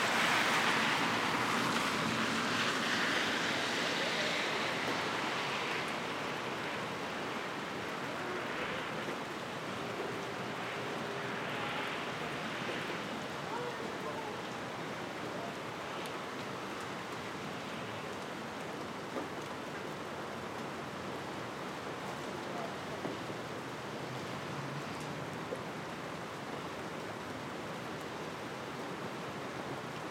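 A rainy city street with light traffic: a steady wash of rain hiss fills the scene throughout. A vehicle passes at the start, its swish fading over the first few seconds, then the rain settles into an even, dense patter with faint traffic rumble.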